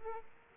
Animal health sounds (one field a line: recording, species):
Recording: mosquito wingbeat signal from an infrared sensor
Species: Aedes aegypti